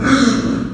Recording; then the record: squeal of a Yucatan mini pig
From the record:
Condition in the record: after surgery on the right vocal fold (resection and tissue-engineered implant); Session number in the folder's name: 6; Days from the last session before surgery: 40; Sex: female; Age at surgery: 19 weeks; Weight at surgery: 25 kg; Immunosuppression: prednisolone